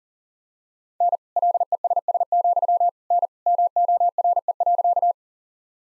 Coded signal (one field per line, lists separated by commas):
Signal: Morse code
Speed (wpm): 37 wpm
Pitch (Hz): 700 Hz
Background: none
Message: N LESS, N MORE.